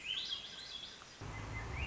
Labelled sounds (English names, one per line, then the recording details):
Swainson's Thrush
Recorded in Sonoma County, California